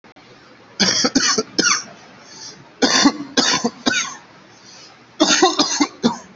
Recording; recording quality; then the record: shallow voluntary cough; excellent, no background noise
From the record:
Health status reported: COVID-19 positive, mild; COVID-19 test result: positive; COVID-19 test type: RT-PCR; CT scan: taken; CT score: 6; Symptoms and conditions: cough, cold, breathing difficulty, sore throat, fever, fatigue, muscle pain, loss of smell and taste, diarrhoea, diabetes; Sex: male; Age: 36 years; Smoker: yes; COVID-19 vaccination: both doses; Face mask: not worn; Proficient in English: yes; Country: India